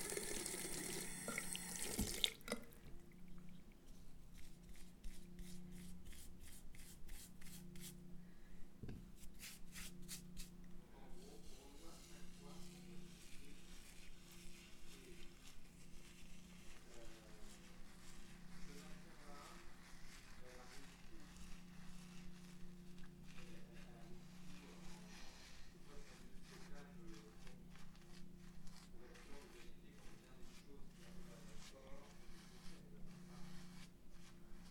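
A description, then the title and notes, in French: Someone takes a toothbrush from a glass, opens a tube of toothpaste and brushes their teeth. A loud burst of running water fills the first two seconds, then steady low hum remains while quick, regular scrubbing strokes repeat throughout. J’attrape ma brosse à dent sortie du verre, j’ouvre le tube de dentifrice, Je me brosse les dents.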